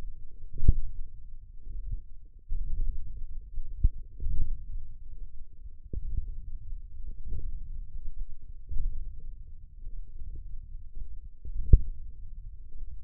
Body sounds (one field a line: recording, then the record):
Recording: forearm muscle sounds (acoustic myography)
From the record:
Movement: radial deviation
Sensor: system 1, eight BSWA MPA416 microphones around the upper forearm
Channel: 6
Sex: male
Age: 28 years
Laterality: right